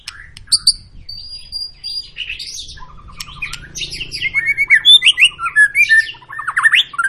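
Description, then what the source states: White-rumped shama song: a long thin whistle early on, then building into loud, rapid repeated chatters and slurred whistles over a soft low hum. Long lure song of a white-rumped shama, used to make other birds sing.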